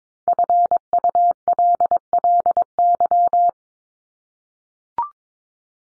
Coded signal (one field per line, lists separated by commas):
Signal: Morse code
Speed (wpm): 22 wpm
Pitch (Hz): 700 Hz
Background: none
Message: FULLY